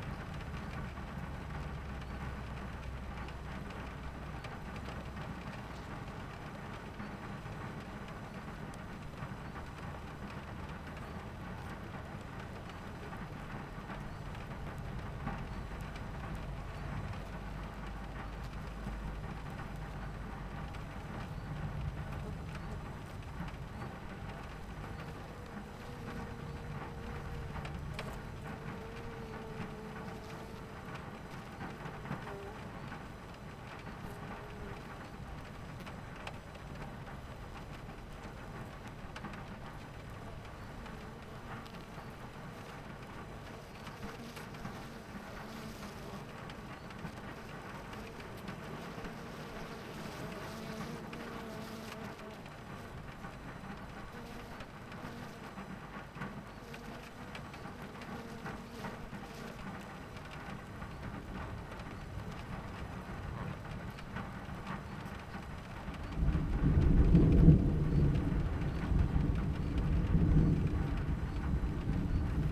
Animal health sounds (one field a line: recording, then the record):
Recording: honeybee colony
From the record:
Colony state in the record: missing queen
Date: 14 July 2017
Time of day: 11:43